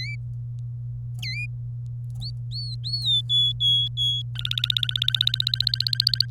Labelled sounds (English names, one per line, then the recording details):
Domestic Canary song
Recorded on 26 April 2018 at 07:49
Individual llb3